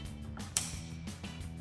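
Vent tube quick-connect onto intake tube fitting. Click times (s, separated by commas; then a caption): 0.6 s. The crankcase vent tube quick-connect is pushed onto its fitting on the new intake tube of a K&N Series 63 AirCharger cold air intake on a 2023-2026 Colorado. Over a steady music bed, it clips in with one sharp click at 0.6 s, followed by a couple of faint, softer ticks. The vent tube connector is seated.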